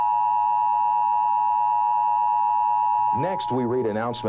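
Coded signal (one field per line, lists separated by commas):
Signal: Emergency Alert System (SAME) tones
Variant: 853 and 960 Hz attention tone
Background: speech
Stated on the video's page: EBS training recreation showing how a broadcast station ran an Emergency Broadcast System test in 1990.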